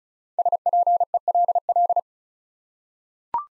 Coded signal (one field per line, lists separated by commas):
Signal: Morse code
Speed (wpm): 34 wpm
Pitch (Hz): 700 Hz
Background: none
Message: SPELL